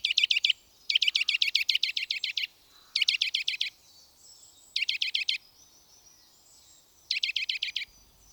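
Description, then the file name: Eurasian nuthatch giving rapid trilled series of clear, evenly repeated high notes, five bursts of differing length separated by short pauses, with faint softer bird notes between. "sitelletorchepot"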